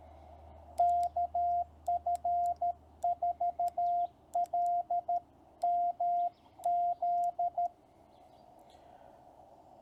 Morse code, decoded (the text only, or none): KF4LMZ